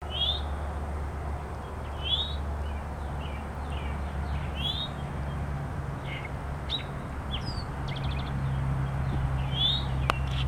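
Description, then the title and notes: Eastern towhee calls, several short high upslurred chirps over a steady low rumble. "eastern towhee by Christie Mullen"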